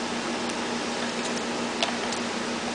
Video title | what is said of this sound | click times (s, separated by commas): Honda EU2000i with wireless remote control and electric start part 2 by Pinellas Power Products | and just push it in until you feel a snap | 1.8 s